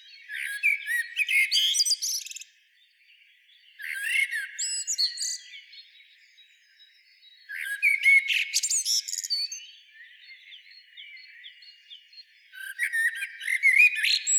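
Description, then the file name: Common blackbird song: four phrases every four or five seconds, each a rich whistled warble with thin, scratchy high twitters, and faint softer notes between. "Turdus merula"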